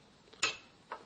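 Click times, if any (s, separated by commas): 0.4 s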